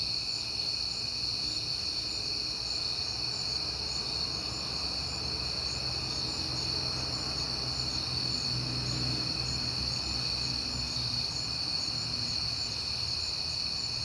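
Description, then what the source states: Crickets keep up a continuous shrill trilling chorus over a low background rumble. Crickets at night in September, on a peaceful night.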